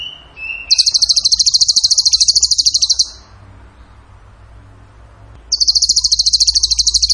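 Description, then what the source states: Bird song: two short whistled notes, then a long, fast, high trill lasting over two seconds, a pause, and another matching trill. Masteran training recording; tembakan gacor song style.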